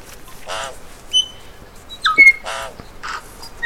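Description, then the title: Tui song mixing harsh, wheezy bursts with short pure whistled notes, the rasping phrases and clear tones alternating over about four seconds. "vogel der woche. Tui"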